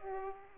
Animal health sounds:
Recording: mosquito wingbeat signal from an infrared sensor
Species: Aedes aegypti

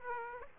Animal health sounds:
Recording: mosquito wingbeat signal from an infrared sensor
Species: Aedes aegypti

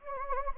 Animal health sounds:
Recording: mosquito wingbeat signal from an infrared sensor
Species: Anopheles gambiae

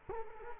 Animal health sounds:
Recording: mosquito wingbeat signal from an infrared sensor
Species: Culex quinquefasciatus

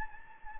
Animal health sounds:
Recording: mosquito wingbeat signal from an infrared sensor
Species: Anopheles gambiae

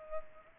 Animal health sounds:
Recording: mosquito wingbeat signal from an infrared sensor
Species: Culex pipiens

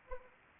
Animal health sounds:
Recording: mosquito wingbeat signal from an infrared sensor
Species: Anopheles arabiensis

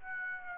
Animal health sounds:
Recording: mosquito wingbeat signal from an infrared sensor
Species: Aedes aegypti

